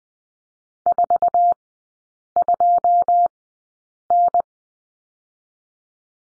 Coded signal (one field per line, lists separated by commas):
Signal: Morse code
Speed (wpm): 20 wpm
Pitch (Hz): 700 Hz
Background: none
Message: 42N